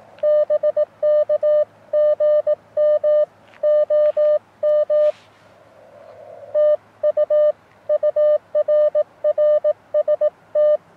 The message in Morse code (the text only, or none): BK GM OM TU UR RST